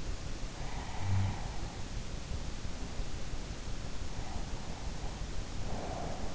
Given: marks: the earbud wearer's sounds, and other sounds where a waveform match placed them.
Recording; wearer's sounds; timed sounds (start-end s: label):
sounds in sleep by an in-ear microphone; snoring breath, breath
0.35-1.78 s: snoring breath
5.27-6.35 s: breath